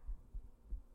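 Soft, low thumping heartbeats in a steady rhythm: a mother's ordinary heartbeat heard up close.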